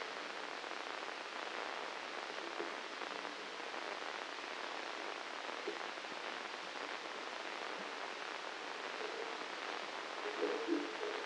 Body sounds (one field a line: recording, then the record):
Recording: brain microelectrode recording played as sound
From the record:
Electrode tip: inside the subthalamic nucleus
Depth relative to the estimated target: 2 mm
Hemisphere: left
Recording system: NeuroSet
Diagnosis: Parkinson's disease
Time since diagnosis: 9 years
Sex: male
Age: 56 years